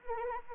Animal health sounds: mosquito wingbeat signal from an infrared sensor; Anopheles arabiensis

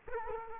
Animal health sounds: mosquito wingbeat signal from an infrared sensor; Culex quinquefasciatus

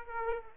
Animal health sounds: mosquito wingbeat signal from an infrared sensor; Aedes aegypti

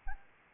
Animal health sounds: mosquito wingbeat signal from an infrared sensor; Anopheles arabiensis

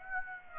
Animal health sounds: mosquito wingbeat signal from an infrared sensor; Aedes aegypti

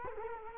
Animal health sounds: mosquito wingbeat signal from an infrared sensor; Culex quinquefasciatus

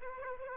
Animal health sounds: mosquito wingbeat signal from an infrared sensor; Aedes aegypti

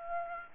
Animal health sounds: mosquito wingbeat signal from an infrared sensor; Aedes aegypti

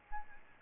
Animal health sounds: mosquito wingbeat signal from an infrared sensor; Aedes albopictus

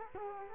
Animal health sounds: mosquito wingbeat signal from an infrared sensor; Culex quinquefasciatus

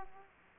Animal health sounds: mosquito wingbeat signal from an infrared sensor; Aedes aegypti

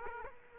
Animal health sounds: mosquito wingbeat signal from an infrared sensor; Aedes aegypti

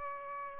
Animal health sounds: mosquito wingbeat signal from an infrared sensor; Aedes aegypti

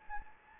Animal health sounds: mosquito wingbeat signal from an infrared sensor; Anopheles gambiae

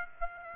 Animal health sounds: mosquito wingbeat signal from an infrared sensor; Aedes aegypti

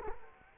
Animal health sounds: mosquito wingbeat signal from an infrared sensor; Culex quinquefasciatus

